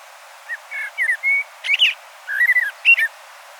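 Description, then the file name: Common blackbird singing short low whistled warbles mixed with high squeaky twitters, several brief phrases in quick succession with pauses between. "Turdus merula"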